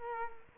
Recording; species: mosquito wingbeat signal from an infrared sensor; Culex quinquefasciatus